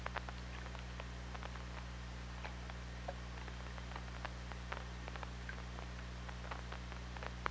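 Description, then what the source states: Killer whale clicks, crisp separate ticks recurring irregularly every fraction of a second, against constant low hum and background hiss. OrcaLab hydrophone recording made 24 August 2017 at 23:57:20, just before midnight.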